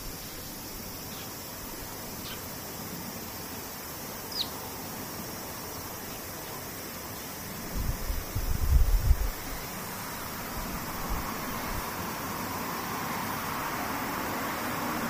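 Cicadas drone steadily as a thin, high hiss under a constant wash of noise. A few faint ticks come near 1, 2 and 4 seconds, a low rumbling thump swells around 8 to 9 seconds, and the hiss grows a little fuller after 10 seconds.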